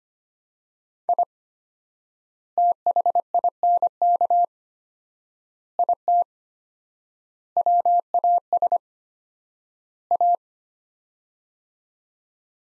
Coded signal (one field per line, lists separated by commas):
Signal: Morse code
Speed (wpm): 25 wpm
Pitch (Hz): 700 Hz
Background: none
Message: I THINK IT WAS A